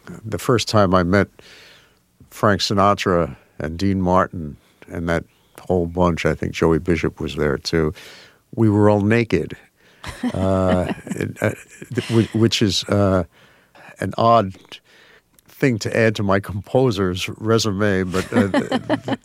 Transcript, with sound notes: the first time I met Frank Sinatra and Dean Martin and that whole bunch - I think Joey Bishop was there, too - we were all naked...
(Laughter).
...Which is an odd thing to add to my composer's resume.
(Laughter).
But